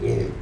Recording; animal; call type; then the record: contact call of a hoofed animal; pig; closed-mouth grunt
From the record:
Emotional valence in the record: positive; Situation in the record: food and toys in familiar pen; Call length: 0.42 s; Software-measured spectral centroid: 1520 Hz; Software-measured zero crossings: 780 a second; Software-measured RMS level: -24 dBFS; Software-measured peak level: -12 dBFS